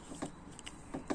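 A plastic hose quick-connector is pushed onto the plastic hose inlet of an RAC All In One car washing brush with soap dispenser and locks into place. Two sharp clicks are heard at 0.6 s and 0.7 s, followed by duller knocks at 0.9 s and 1.1 s. Unlike a brass connector, which did not lock, the plastic connector seats firmly.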